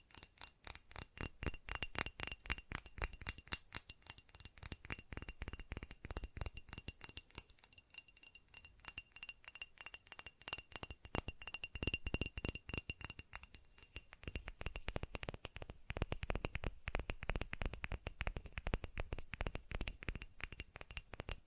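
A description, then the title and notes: Fast tapping, crisp, with dense rapid clicks running nearly continuously through the clip. The pace eases slightly around the middle, near eight to ten seconds, then picks up and grows louder toward the end. A faint steady high tone sits underneath. ASMR Fast Tapping for Intense Tingles (No Talking).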